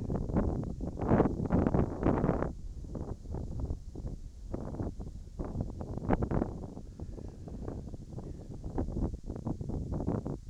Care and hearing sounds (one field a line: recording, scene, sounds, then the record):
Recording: everyday scene through a hearing-aid microphone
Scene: wind on the microphone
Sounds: wind, whistling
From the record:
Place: in front of a rural house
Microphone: in the ear canal, right